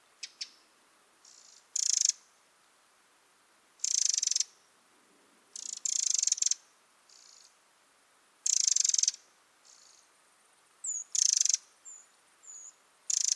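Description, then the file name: Eurasian wren uttering repeated harsh, ticking rattles in bursts, interspersed with brief high chips and quieter churring notes. "Troglodytes troglodytes"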